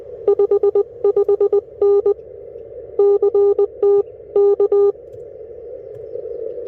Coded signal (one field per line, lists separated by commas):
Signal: Morse code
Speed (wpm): 22 wpm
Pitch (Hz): 400 Hz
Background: none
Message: 55N CT K